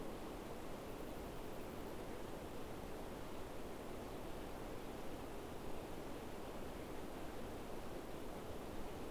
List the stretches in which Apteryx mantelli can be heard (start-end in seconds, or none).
none